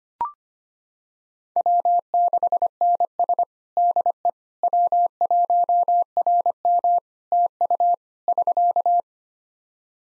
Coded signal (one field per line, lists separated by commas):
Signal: Morse code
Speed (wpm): 25 wpm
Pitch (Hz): 700 Hz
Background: none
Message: W6NS DE W1RM TU <SK>